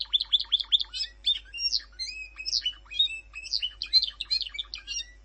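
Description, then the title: Bird song, a rapid chattering stream of high chirps, whistled slurs and trills, notes tumbling in quick irregular bursts. "burung"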